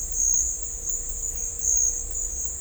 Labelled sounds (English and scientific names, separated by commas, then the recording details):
none
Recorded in dense forest near Puerto Asís, Putumayo, Colombia, on 18 December 2024 at 12:00
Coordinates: 0.500, -76.322
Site G053